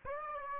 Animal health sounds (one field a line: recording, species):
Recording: mosquito wingbeat signal from an infrared sensor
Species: Aedes aegypti